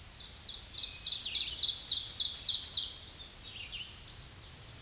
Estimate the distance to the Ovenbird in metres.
about 5 m